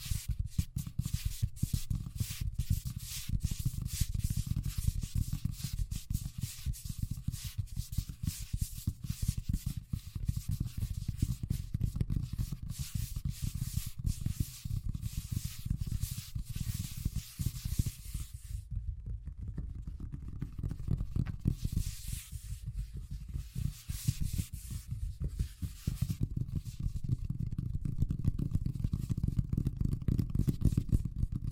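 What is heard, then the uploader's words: Fast tapping runs the whole time as a dense, rapid patter with a heavy low thump and a scratchy, rubbing edge. Around 18 to 20 seconds the bright scratchy part drops away briefly, then returns, and the pace stays quick and even to the end. ASMR Braingasm Inducing Fast Tapping (No Talking).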